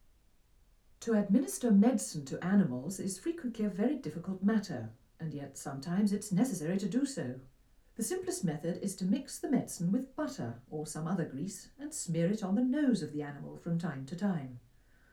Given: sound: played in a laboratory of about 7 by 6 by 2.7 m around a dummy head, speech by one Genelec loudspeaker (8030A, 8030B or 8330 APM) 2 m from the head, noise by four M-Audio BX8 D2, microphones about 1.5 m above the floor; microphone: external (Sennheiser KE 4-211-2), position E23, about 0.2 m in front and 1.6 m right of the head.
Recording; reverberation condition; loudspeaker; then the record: female speech in English; low; behind (180 degrees)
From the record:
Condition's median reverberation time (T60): about 310 ms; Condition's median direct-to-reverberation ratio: about 3.5 dB